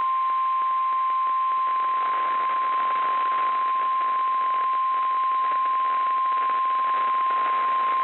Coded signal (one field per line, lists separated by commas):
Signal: Emergency Alert System (SAME) tones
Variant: 1050 Hz attention tone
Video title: REAL NOAA Weather Radio Alert #26: Severe Thunderstorm Warning